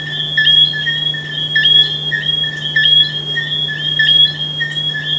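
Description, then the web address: Frog giving shrill, sustained piping notes with frequent short breaks, a constant low hum underneath. "humbot audio frogs"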